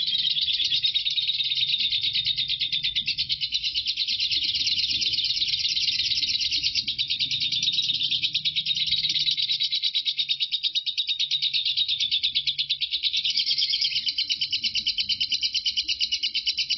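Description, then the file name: Lovebird singing a sustained high chatter, rapid buzzy notes in an unbroken flow that swells and eases in loudness; light low background sound. Lovebird Marco performing ngekek; the ngekek recording lasts 5 minutes 25 seconds. "suara burung lovebird Marco durasi ngekek 5 menit 25 detik"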